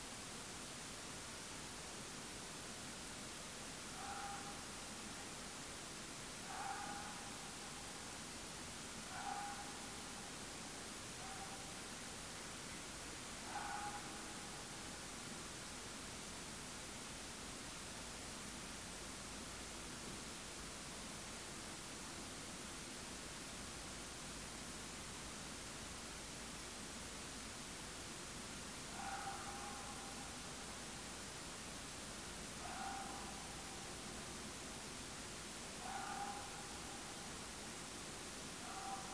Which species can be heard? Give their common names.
none